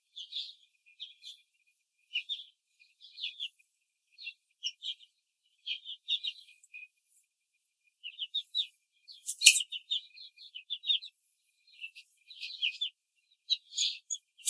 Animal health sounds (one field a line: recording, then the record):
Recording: young laying hens in a cage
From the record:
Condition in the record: control cage, after the stress test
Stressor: none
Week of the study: 4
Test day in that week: 1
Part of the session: 4